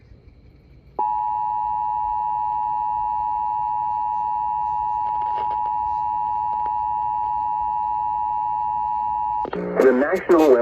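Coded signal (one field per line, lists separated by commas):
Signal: Emergency Alert System (SAME) tones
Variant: 853 and 960 Hz attention tone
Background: speech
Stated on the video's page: Severe thunderstorm warning received on FM broadcast station at 95.9 MHz.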